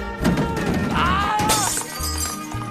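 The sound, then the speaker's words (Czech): A light fixture shatters with a sharp burst of breaking glass, followed by bright ringing, tinkling shards that sweep and fade, all over a steady low rumble, in a scene from a Czech dub of the animated film Open Season. “Já si všim rozbitýho světla.”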